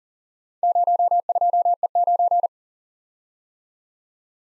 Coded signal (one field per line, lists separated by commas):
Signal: Morse code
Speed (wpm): 40 wpm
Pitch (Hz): 700 Hz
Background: none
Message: 02E9